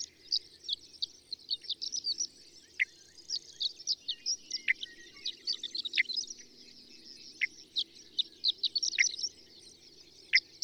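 A bird chorus of thin, high chirps runs throughout, punctuated by scattered sharp downward-sliding notes at irregular intervals.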